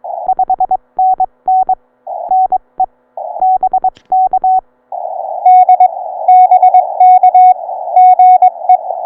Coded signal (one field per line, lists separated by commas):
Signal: Morse code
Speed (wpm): 22 wpm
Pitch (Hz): 750 Hz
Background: none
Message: 5NN NE BK D BK GE